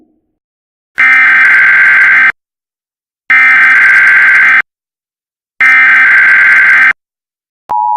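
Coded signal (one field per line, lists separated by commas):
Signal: Emergency Alert System (SAME) tones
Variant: header bursts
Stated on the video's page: Fictional EAS scenario.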